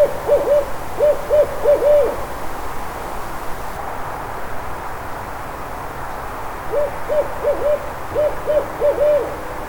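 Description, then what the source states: Barred owl hooting in two bursts of rhythmic hoots separated by a pause, over a low background rumble. In a backyard in Atlanta.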